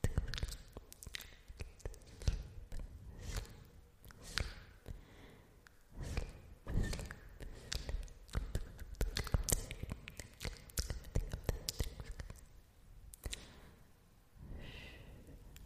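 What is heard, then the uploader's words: Assorted trigger sounds: a run of sharp taps, knocks and soft thuds arriving irregularly, sometimes in quick clusters, sometimes spaced apart. A few breathy, sigh-like sounds drift in around the fourth and fifteenth seconds, and the clip closes more quietly. Fading In and Out | Assorted Triggers.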